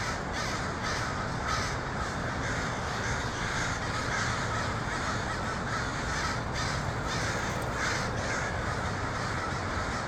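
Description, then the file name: A crowd of crows cawing without pause, short raspy calls stacking on one another above continuous low rumble. Crows in Portland on 23 October 2018. "pdx crows 2018-10-23"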